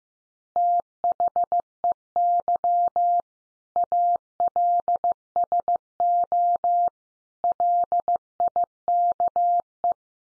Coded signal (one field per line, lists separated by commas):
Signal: Morse code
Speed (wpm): 15 wpm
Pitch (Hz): 700 Hz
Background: none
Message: THEY ALSO LIKE